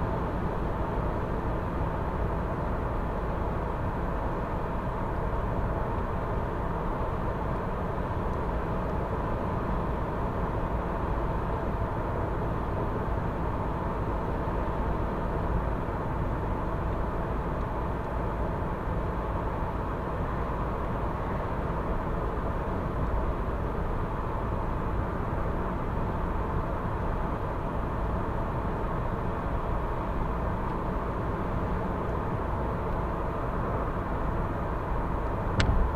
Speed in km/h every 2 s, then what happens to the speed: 98, 99, 99, 99, 98, 98, 98, 98, 98, 99, 99, 99, 99, 99, 99, 99, 98, 98.
0-36 steady at about 99.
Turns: none.